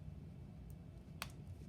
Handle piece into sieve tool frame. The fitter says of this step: then you're gonna push the handle through locks into place